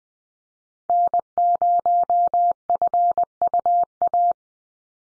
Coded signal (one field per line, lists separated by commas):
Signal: Morse code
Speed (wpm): 20 wpm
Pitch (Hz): 700 Hz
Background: none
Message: N0FUA